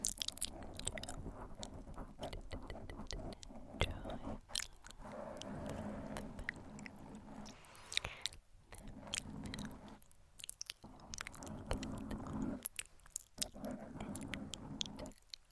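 Gentle scratching on a microphone fills the recording, with frequent sharp crackling ticks and short rustling bursts at an uneven pace. Underneath runs a soft, low murmur, steadier around the middle and near the end, with brief quiet gaps at about 8.5 and 10.5 seconds.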